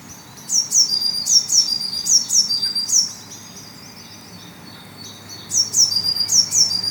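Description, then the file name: Eurasian blue tit giving a series of high, thin, downward-sweeping notes, then another series after a pause of a couple of seconds. "Cyanistes caeruleus"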